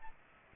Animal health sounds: mosquito wingbeat signal from an infrared sensor; Aedes aegypti

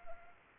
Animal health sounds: mosquito wingbeat signal from an infrared sensor; Anopheles arabiensis

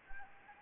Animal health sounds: mosquito wingbeat signal from an infrared sensor; Anopheles gambiae

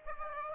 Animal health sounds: mosquito wingbeat signal from an infrared sensor; Aedes aegypti

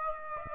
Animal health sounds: mosquito wingbeat signal from an infrared sensor; Aedes aegypti

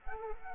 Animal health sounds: mosquito wingbeat signal from an infrared sensor; Culex quinquefasciatus

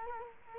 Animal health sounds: mosquito wingbeat signal from an infrared sensor; Culex quinquefasciatus

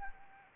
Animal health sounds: mosquito wingbeat signal from an infrared sensor; Anopheles arabiensis

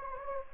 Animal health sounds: mosquito wingbeat signal from an infrared sensor; Anopheles gambiae

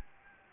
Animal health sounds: mosquito wingbeat signal from an infrared sensor; Anopheles gambiae

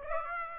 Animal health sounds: mosquito wingbeat signal from an infrared sensor; Aedes aegypti

